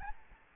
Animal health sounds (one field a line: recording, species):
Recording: mosquito wingbeat signal from an infrared sensor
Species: Aedes albopictus